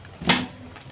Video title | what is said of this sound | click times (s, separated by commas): New scooty खरीदने से पहले ये वीडियो देखे esp महिलाएं वीडियो जरूर देखे Thanks Madhuri ma'am for qus🙏 | तरह से आवाज आएगी इसका मतलब हमारा डिक्की अब हमारा लॉक हो गया है | 0.3 s